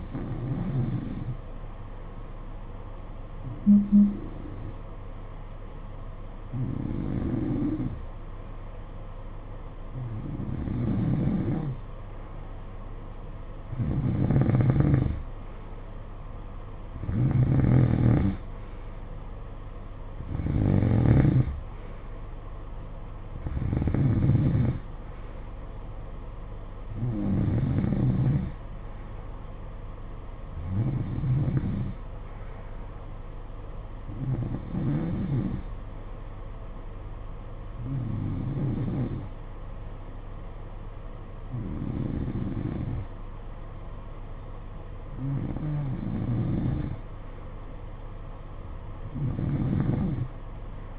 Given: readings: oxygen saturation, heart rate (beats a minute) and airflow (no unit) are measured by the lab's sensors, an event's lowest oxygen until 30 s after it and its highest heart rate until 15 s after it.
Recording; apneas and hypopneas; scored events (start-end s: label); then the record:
breathing in sleep by a smartphone at the bedside; none
none scored
From the record:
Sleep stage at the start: N2 (light sleep); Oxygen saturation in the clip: 90 to 93%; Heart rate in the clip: 55 to 63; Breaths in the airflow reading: 15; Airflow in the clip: -10.2 to 6.8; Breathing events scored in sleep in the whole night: 476 in 9.7 hours asleep